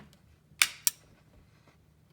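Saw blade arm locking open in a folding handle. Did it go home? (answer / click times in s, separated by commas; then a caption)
yes / 0.6 s, 0.9 s. A Swanson Savage folding jab saw is pulled open, and its saw blade arm locks into the open position in the folding handle. Two sharp clicks sound at 0.6 s and 0.9 s, and the blade is locked open safely.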